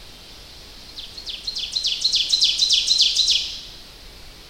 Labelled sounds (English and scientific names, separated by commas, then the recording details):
Ovenbird (Seiurus aurocapilla) song
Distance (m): 15 m
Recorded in boreal forest in Alberta, Canada, on 10 June 2016 at 07:49
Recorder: SongMeter 3, array SBT-3-39
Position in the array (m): 324 m, 145 m
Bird 19